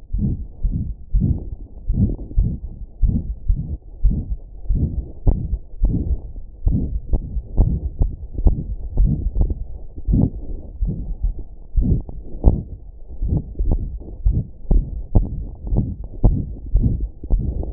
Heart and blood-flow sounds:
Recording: heart sounds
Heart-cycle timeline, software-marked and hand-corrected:
0.00	0.12	diastole
0.12	0.33	S1
0.33	0.39	systole
0.39	0.48	S2
0.48	0.63	diastole
0.63	0.76	S1
0.76	0.84	systole
0.84	0.94	S2
0.94	1.11	diastole
1.11	1.25	S1
1.25	1.41	systole
1.41	1.53	S2
1.53	1.88	diastole
1.88	2.03	S1
2.03	2.14	systole
2.14	2.25	S2
2.25	2.39	diastole
2.39	2.52	S1
2.52	2.65	systole
2.65	2.75	S2
2.75	3.00	diastole
3.00	3.14	S1
3.14	3.26	systole
3.26	3.33	S2
3.33	3.45	diastole
3.45	3.58	S1
3.58	3.66	systole
3.66	3.76	S2
3.76	4.04	diastole
4.04	4.19	S1
4.19	4.28	systole
4.28	4.37	S2
4.37	4.71	diastole
4.71	4.84	S1
4.84	4.94	systole
4.94	5.03	S2
5.03	5.22	diastole
5.22	5.36	S1
5.36	5.47	systole
5.47	5.60	S2
5.60	5.79	diastole
5.79	5.93	S1
5.93	6.05	systole
6.05	6.16	S2
6.16	6.64	diastole
6.64	6.80	S1
6.80	6.89	systole
6.89	6.98	S2
6.98	7.10	diastole
7.10	7.20	S1
7.20	7.30	systole
7.30	7.40	S2
7.40	7.56	diastole
7.56	7.67	S1
7.67	7.80	systole
7.80	7.88	S2
7.88	7.97	diastole
7.97	8.07	S1
8.07	8.16	systole
8.16	8.25	S2
8.25	8.42	diastole
8.42	8.55	S1
8.55	8.66	systole
8.66	8.77	S2
8.77	8.97	diastole
8.97	9.09	S1
9.09	9.20	systole
9.20	9.28	S2
9.28	9.38	diastole
9.38	9.49	S1
9.49	9.58	systole
9.58	9.62	S2
9.62	10.07	diastole
10.07	10.23	S1
10.23	10.40	systole
10.40	10.50	S2
10.50	10.78	diastole
10.78	10.92	S1
10.92	11.03	systole
11.03	11.14	S2
11.14	11.20	diastole
11.20	11.31	S1
11.31	11.38	systole
11.38	11.47	S2
11.47	11.76	diastole
11.76	11.86	S1
11.86	11.97	systole
11.97	12.10	S2
12.10	12.41	diastole
12.41	12.56	S1
12.56	12.70	systole
12.70	12.85	S2
12.85	13.17	diastole
13.17	13.31	S1
13.31	13.38	systole
13.38	13.48	S2
13.48	13.66	diastole
13.66	13.78	S1
13.78	13.86	systole
13.86	13.97	S2
13.97	14.22	diastole
14.22	14.33	S1
14.33	14.43	systole
14.43	14.49	S2
14.49	14.68	diastole
14.68	14.79	S1
14.79	14.90	systole
14.90	14.98	S2
14.98	15.15	diastole
15.15	15.24	S1
15.24	15.40	systole
15.40	15.52	S2
15.52	15.70	diastole
15.70	15.79	S1
15.79	15.92	systole
15.92	16.00	S2
16.00	16.26	diastole
16.26	16.35	S1
16.35	16.46	systole
16.46	16.54	S2
16.54	16.72	diastole
16.72	16.85	S1
16.85	16.98	systole
16.98	17.08	S2
17.08	17.30	diastole
17.30	17.43	S1
17.43	17.55	systole
17.55	17.64	S2
17.64	17.73	diastole
From the record:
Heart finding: aortic stenosis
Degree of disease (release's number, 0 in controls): 4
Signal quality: good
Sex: female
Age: 77 years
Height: 1.55 m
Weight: 62 kg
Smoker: no

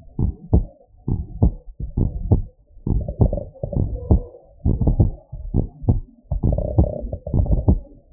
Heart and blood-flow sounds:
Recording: heart sounds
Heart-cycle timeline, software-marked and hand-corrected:
0.00	0.20	diastole
0.20	0.34	S1
0.34	0.54	systole
0.54	0.64	S2
0.64	1.10	diastole
1.10	1.20	S1
1.20	1.40	systole
1.40	1.54	S2
1.54	1.98	diastole
1.98	2.12	S1
2.12	2.30	systole
2.30	2.42	S2
2.42	2.92	diastole
2.92	3.04	S1
3.04	3.20	systole
3.20	3.32	S2
3.32	3.76	diastole
3.76	3.90	S1
3.90	4.10	systole
4.10	4.22	S2
4.22	4.66	diastole
4.66	4.78	S1
4.78	4.98	systole
4.98	5.10	S2
5.10	5.56	diastole
5.56	5.68	S1
5.68	5.88	systole
5.88	6.00	S2
6.00	6.44	diastole
6.44	6.60	S1
6.60	6.76	systole
6.76	6.90	S2
6.90	7.34	diastole
7.34	7.50	S1
7.50	7.66	systole
7.66	7.80	S2
7.80	8.13	diastole
From the record:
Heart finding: normal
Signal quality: good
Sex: male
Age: 67 years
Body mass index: 22.3

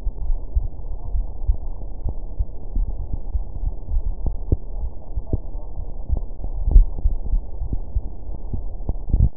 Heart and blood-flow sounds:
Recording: heart sounds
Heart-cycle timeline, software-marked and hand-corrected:
not marked
From the record:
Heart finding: coronary artery disease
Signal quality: poor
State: rest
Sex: female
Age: 47 years

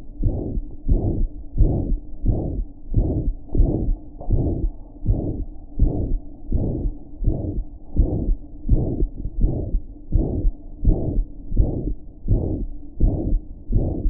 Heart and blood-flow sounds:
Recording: heart sounds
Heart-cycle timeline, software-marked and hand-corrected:
0.00	0.22	diastole
0.22	0.34	S1
0.34	0.50	systole
0.50	0.58	S2
0.58	0.88	diastole
0.88	1.00	S1
1.00	1.16	systole
1.16	1.28	S2
1.28	1.58	diastole
1.58	1.72	S1
1.72	1.86	systole
1.86	1.96	S2
1.96	2.26	diastole
2.26	2.38	S1
2.38	2.54	systole
2.54	2.66	S2
2.66	2.96	diastole
2.96	3.10	S1
3.10	3.26	systole
3.26	3.34	S2
3.34	3.58	diastole
3.58	3.74	S1
3.74	3.84	systole
3.84	3.96	S2
3.96	4.32	diastole
4.32	4.48	S1
4.48	4.58	systole
4.58	4.70	S2
4.70	5.08	diastole
5.08	5.18	S1
5.18	5.36	systole
5.36	5.46	S2
5.46	5.80	diastole
5.80	5.92	S1
5.92	6.08	systole
6.08	6.18	S2
6.18	6.52	diastole
6.52	6.66	S1
6.66	6.84	systole
6.84	6.94	S2
6.94	7.24	diastole
7.24	7.36	S1
7.36	7.54	systole
7.54	7.64	S2
7.64	7.98	diastole
7.98	8.10	S1
8.10	8.30	systole
8.30	8.40	S2
8.40	8.70	diastole
8.70	8.84	S1
8.84	9.00	systole
9.00	9.10	S2
9.10	9.40	diastole
9.40	9.54	S1
9.54	9.72	systole
9.72	9.82	S2
9.82	10.14	diastole
10.14	10.26	S1
10.26	10.44	systole
10.44	10.56	S2
10.56	10.86	diastole
10.86	10.98	S1
10.98	11.16	systole
11.16	11.26	S2
11.26	11.56	diastole
11.56	11.70	S1
11.70	11.88	systole
11.88	11.98	S2
11.98	12.30	diastole
12.30	12.44	S1
12.44	12.62	systole
12.62	12.72	S2
12.72	13.02	diastole
13.02	13.18	S1
13.18	13.28	systole
13.28	13.40	S2
13.40	13.74	diastole
13.74	13.88	S1
13.88	14.00	systole
14.00	14.10	S2
From the record:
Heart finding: mitral regurgitation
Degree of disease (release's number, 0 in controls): 3 to 4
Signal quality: good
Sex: female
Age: 78 years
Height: 1.6 m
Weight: 85 kg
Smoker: no

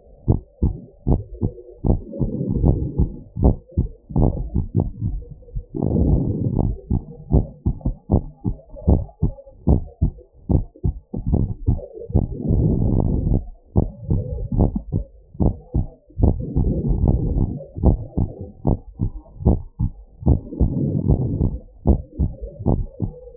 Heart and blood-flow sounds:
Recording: heart sounds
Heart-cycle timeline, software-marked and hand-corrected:
0.00	0.30	diastole
0.30	0.40	S1
0.40	0.62	systole
0.62	0.74	S2
0.74	1.10	diastole
1.10	1.22	S1
1.22	1.44	systole
1.44	1.52	S2
1.52	1.90	diastole
1.90	2.00	S1
2.00	2.22	systole
2.22	2.30	S2
2.30	2.62	diastole
2.62	2.76	S1
2.76	2.98	systole
2.98	3.08	S2
3.08	3.42	diastole
3.42	3.56	S1
3.56	3.78	systole
3.78	3.88	S2
3.88	4.20	diastole
4.20	4.32	S1
4.32	4.54	systole
4.54	4.66	S2
4.66	5.04	diastole
5.04	5.18	S1
5.18	5.42	systole
5.42	5.52	S2
5.52	5.92	diastole
5.92	6.08	S1
6.08	6.28	systole
6.28	6.36	S2
6.36	6.64	diastole
6.64	6.74	S1
6.74	6.92	systole
6.92	7.00	S2
7.00	7.32	diastole
7.32	7.44	S1
7.44	7.66	systole
7.66	7.76	S2
7.76	8.12	diastole
8.12	8.24	S1
8.24	8.46	systole
8.46	8.54	S2
8.54	8.88	diastole
8.88	9.02	S1
9.02	9.24	systole
9.24	9.32	S2
9.32	9.68	diastole
9.68	9.80	S1
9.80	10.02	systole
10.02	10.12	S2
10.12	10.50	diastole
10.50	10.64	S1
10.64	10.86	systole
10.86	10.96	S2
10.96	11.28	diastole
11.28	11.42	S1
11.42	11.66	systole
11.66	11.78	S2
11.78	12.16	diastole
12.16	12.30	S1
12.30	12.60	systole
12.60	12.76	S2
12.76	13.08	diastole
13.08	13.22	S1
13.22	13.40	systole
13.40	13.46	S2
13.46	13.78	diastole
13.78	13.90	S1
13.90	14.10	systole
14.10	14.22	S2
14.22	14.58	diastole
14.58	14.72	S1
14.72	14.94	systole
14.94	15.04	S2
15.04	15.42	diastole
15.42	15.54	S1
15.54	15.76	systole
15.76	15.86	S2
15.86	16.20	diastole
16.20	16.34	S1
16.34	16.58	systole
16.58	16.74	S2
16.74	17.04	diastole
17.04	17.22	S1
17.22	17.40	systole
17.40	17.50	S2
17.50	17.84	diastole
17.84	18.00	S1
18.00	18.22	systole
18.22	18.32	S2
18.32	18.68	diastole
18.68	18.80	S1
18.80	19.02	systole
19.02	19.10	S2
19.10	19.44	diastole
19.44	19.58	S1
19.58	19.80	systole
19.80	19.90	S2
19.90	20.26	diastole
20.26	20.38	S1
20.38	20.60	systole
20.60	20.72	S2
20.72	21.06	diastole
21.06	21.20	S1
21.20	21.42	systole
21.42	21.52	S2
21.52	21.88	diastole
21.88	21.98	S1
21.98	22.20	systole
22.20	22.32	S2
22.32	22.68	diastole
22.68	22.80	S1
22.80	23.02	systole
23.02	23.10	S2
23.10	23.37	diastole
From the record:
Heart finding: normal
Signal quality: good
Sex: female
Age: 63 years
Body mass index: 33.6

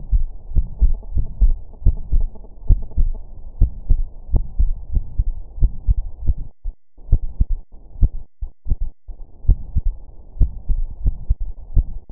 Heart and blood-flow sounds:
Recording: heart sounds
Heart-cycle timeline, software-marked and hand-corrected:
0.00	0.11	systole
0.11	0.21	S2
0.21	0.54	diastole
0.54	0.64	S1
0.64	0.79	systole
0.79	0.90	S2
0.90	1.14	diastole
1.14	1.23	S1
1.23	1.41	systole
1.41	1.50	S2
1.50	1.84	diastole
1.84	1.92	S1
1.92	2.10	systole
2.10	2.21	S2
2.21	2.68	diastole
2.68	2.78	S1
2.78	2.95	systole
2.95	3.07	S2
3.07	3.60	diastole
3.60	3.69	S1
3.69	3.87	systole
3.87	4.00	S2
4.00	4.33	diastole
4.33	4.44	S1
4.44	4.59	systole
4.59	4.70	S2
4.70	4.92	diastole
4.92	5.00	S1
5.00	5.17	systole
5.17	5.28	S2
5.28	5.59	diastole
5.59	5.69	S1
5.69	5.85	systole
5.85	5.99	S2
5.99	6.20	diastole
6.20	12.12	noise
From the record:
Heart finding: coronary artery disease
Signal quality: good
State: rest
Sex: female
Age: 61 years

